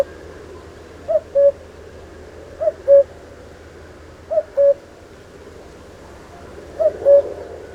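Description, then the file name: Common cuckoo giving repeated two-note calls, a higher first note dropping to a longer second, four times at irregular spacing against low background hum. "Canto do Cuco"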